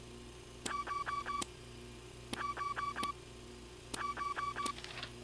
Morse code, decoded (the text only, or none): none